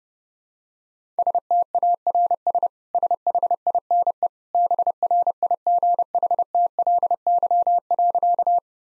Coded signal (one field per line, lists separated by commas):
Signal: Morse code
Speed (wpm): 30 wpm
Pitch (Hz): 700 Hz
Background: none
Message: STARS SHINE BRIGHTLY.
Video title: Easy Sentences with Hints - 30wpm